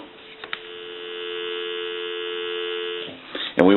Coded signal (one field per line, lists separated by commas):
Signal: telephone call progress tone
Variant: North America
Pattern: dial tone